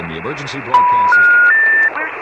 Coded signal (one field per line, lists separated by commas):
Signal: telephone call progress tone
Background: speech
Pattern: special information tone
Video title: Using solar to charge my Wouxun radio